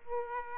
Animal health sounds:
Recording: mosquito wingbeat signal from an infrared sensor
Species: Aedes aegypti

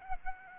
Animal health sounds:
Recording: mosquito wingbeat signal from an infrared sensor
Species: Aedes albopictus

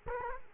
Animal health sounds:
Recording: mosquito wingbeat signal from an infrared sensor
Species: Culex quinquefasciatus

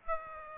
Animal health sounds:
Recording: mosquito wingbeat signal from an infrared sensor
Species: Aedes aegypti

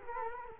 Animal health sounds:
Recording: mosquito wingbeat signal from an infrared sensor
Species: Culex quinquefasciatus

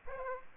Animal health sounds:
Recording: mosquito wingbeat signal from an infrared sensor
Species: Aedes aegypti

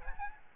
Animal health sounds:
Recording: mosquito wingbeat signal from an infrared sensor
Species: Aedes albopictus

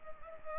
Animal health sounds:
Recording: mosquito wingbeat signal from an infrared sensor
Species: Culex pipiens

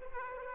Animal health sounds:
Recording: mosquito wingbeat signal from an infrared sensor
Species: Aedes aegypti

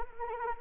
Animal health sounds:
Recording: mosquito wingbeat signal from an infrared sensor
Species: Anopheles arabiensis

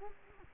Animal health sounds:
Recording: mosquito wingbeat signal from an infrared sensor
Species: Culex quinquefasciatus

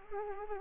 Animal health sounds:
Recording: mosquito wingbeat signal from an infrared sensor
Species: Anopheles arabiensis

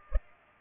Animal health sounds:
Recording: mosquito wingbeat signal from an infrared sensor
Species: Culex pipiens

